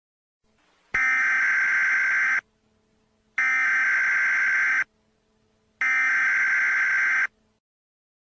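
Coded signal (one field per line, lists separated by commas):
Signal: Emergency Alert System (SAME) tones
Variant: header bursts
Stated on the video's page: Fictional EAS scenario, simulated hazardous materials alert set in Florida.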